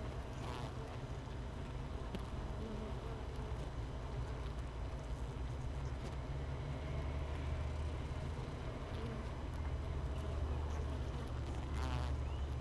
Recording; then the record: honeybee colony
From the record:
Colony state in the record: missing queen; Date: 31 May 2018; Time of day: 13:47